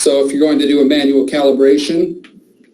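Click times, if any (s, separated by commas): none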